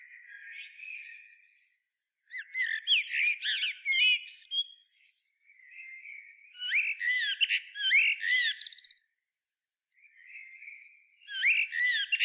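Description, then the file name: Common blackbird singing scratchy, high twittering phrases that follow soft thin notes, repeated in a few bursts. "Turdus merula"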